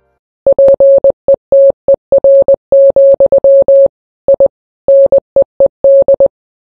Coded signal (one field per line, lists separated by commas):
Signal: Morse code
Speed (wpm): 20 wpm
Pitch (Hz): 550 Hz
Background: none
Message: PETER, I NEED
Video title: family guy season 15 episode 5 morse code